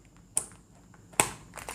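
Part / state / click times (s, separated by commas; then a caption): memory module into motherboard DIMM slot / seated / 0.4 s, 1.2 s. A first DDR4 memory module is pressed down into a motherboard DIMM slot until both retention clips snap shut. Two sharp clicks are heard at 0.4 s and 1.2 s, with fainter ticks near the end. The module is properly locked in place.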